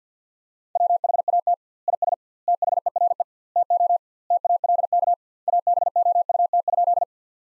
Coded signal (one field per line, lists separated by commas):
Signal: Morse code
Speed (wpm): 50 wpm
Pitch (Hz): 700 Hz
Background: none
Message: WHAT IS THERE TO TALK ABOUT?